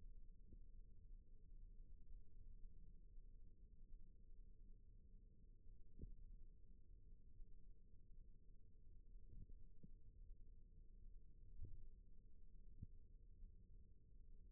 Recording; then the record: forearm muscle sounds (acoustic myography)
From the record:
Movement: rest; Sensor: system 1, eight BSWA MPA416 microphones around the upper forearm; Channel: 7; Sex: male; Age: 21 years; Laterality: right